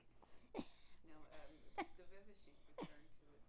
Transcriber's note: chuckles